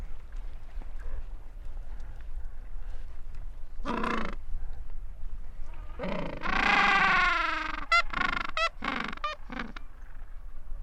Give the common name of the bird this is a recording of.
Gentoo Penguin